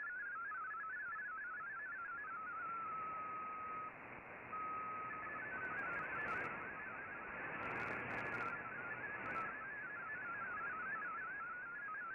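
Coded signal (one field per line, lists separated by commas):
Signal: multi-tone FSK (Olivia or MFSK type)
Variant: MFSK32 or MFSK64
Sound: rapid burbling single tone hopping between pitches, with a brief steady tone in between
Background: radio static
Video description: Here is my decode of the Shortwave Radiogram broadcast today on 15770Khz shortwave radio at 1300UTC in MFSK32 and 64 with 9 SSTV images.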